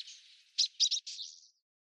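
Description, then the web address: Common waxbill song, a short buzzy phrase of nasal, grating notes, with a few louder pulses in the middle before a fading trill. "Schulze Peter Common Waxbill song"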